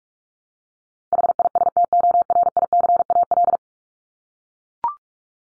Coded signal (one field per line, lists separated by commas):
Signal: Morse code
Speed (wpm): 44 wpm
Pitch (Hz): 700 Hz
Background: none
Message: HISTORICAL